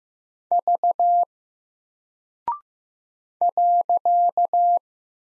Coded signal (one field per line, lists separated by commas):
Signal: Morse code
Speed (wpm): 15 wpm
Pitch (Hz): 700 Hz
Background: none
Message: V .